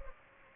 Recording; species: mosquito wingbeat signal from an infrared sensor; Culex pipiens